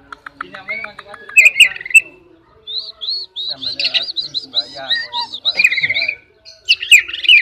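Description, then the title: Oriental magpie-robin song: a fast series of short repeated whistled notes among varied chirps and trills. "kacer"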